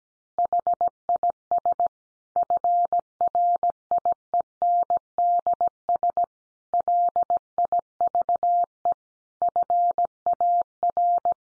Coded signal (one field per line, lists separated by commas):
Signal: Morse code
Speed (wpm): 17 wpm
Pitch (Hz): 700 Hz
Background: none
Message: HIS FRIENDS LIVE FAR